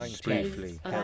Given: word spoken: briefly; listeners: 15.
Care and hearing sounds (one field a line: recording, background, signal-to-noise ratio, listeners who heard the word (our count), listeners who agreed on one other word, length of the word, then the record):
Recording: one English word in noise, from a listening test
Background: four-talker babble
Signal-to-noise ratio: 0.1 dB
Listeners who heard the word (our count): 4 of 15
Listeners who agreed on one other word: 6 of 15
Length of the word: 0.64 s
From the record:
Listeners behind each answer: 6, 4, 2, 1, 1, 1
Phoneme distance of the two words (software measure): 44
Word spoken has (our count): 2 syllables, 6 phonemes, stress on syllable 1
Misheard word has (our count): 1 syllable, 4 phonemes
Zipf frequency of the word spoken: 3.99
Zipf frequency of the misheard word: 2.93